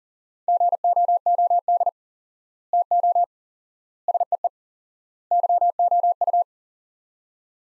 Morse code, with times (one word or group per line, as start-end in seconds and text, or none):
0.5-1.9 GOOD
2.7-3.2 TO
4.1-4.5 SEE
5.3-6.4 YOU